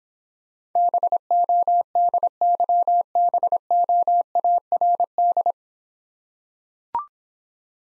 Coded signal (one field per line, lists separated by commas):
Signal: Morse code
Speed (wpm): 25 wpm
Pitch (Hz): 700 Hz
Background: none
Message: BODYBOARD